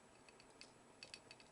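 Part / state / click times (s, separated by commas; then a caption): plastic knee armor flap onto model kit leg frame / not seated / none. A plastic knee armor flap is fitted onto the plastic leg frame of a PG RX-78-2 model kit, producing a series of light, sharp plastic taps between about 0.3 and 1.3 seconds. Nothing has seated or clicked yet, and the flap does not clip on securely and falls off.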